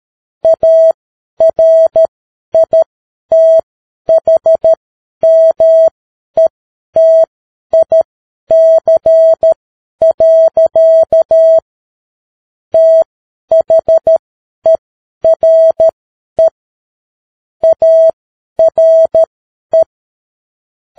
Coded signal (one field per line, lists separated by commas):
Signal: Morse code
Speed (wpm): 13 wpm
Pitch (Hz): 650 Hz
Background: none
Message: ARITHMETIC. THERE ARE